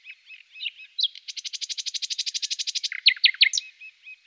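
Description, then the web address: Common nightingale song with soft opening notes, a long even train of rapid pulsed notes, then several loud sharp notes and a short trailing phrase. "agykontroll CD 3-A természet hangjai - Fülemülék"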